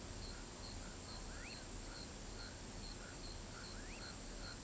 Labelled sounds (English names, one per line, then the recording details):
Common Pauraque
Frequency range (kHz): Common Pauraque 1.2-3.3 kHz
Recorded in pastures near Pivijay, Magdalena, Colombia, on 18 April 2023 at 21:00
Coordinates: 10.456, -74.369
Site P6-G026